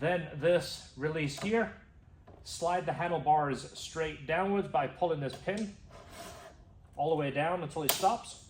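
Someone talks while the handlebars of a Honda Motocompacto folding electric scooter are slid straight downwards by pulling the pin all the way down until it stops, moving the handlebar stem toward its locked position in the scooter frame. Nothing has seated or clicked yet.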